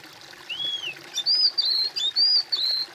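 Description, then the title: Bird song: a single phrase beginning with a lower, looping whistle, then bright, high whistled notes run together, over faint hiss. "kOMPILASI suara bird"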